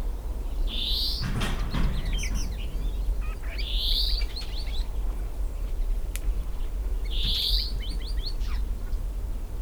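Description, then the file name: European greenfinch calling: a buzzy rising wheeze repeated three times, each followed by a quick run of short twittering notes, with constant low background hum. "Chloris chloris"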